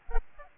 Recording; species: mosquito wingbeat signal from an infrared sensor; Aedes albopictus